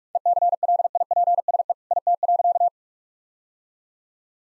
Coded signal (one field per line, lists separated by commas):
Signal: Morse code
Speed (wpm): 41 wpm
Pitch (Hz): 700 Hz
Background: none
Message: ECLIPSE IT.